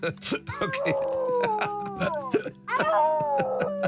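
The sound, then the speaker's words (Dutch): A person imitates a wolf's howl on the NPO Radio 1 programme Zwarte Prietpraat, with long, wavering, downward-sliding cries, then pauses briefly before a second loud howl begins. Scattered clicks and noisy bursts accompany the voice. “Moet ik dat als wolvengehuil interpreteren of als instemmend geblaf?”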